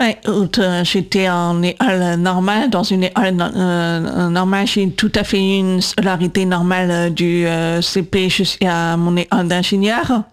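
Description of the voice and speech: Adult woman speaking French with the speech of a deaf cochlear implant user. Her first implant was on the left at age 8. She had speech therapy three times a week in primary school and for 20 years in all to learn to hear, speak and control her voice.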